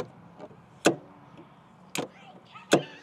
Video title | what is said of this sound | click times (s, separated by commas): Honda Goldwing Tour DCT 50th Anniversary Review - Still the King of Touring? | This is super satisfying click. | 0.9 s, 2.0 s, 2.7 s